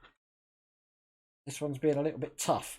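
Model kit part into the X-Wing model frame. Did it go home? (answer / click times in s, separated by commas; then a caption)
no / none. A tight model kit part is pressed toward its place in the X-Wing model frame. After a brief faint sound at the start and about 1.3 seconds of silence, someone talks through the end of the clip. The part is still being handled and nothing has seated or clicked yet.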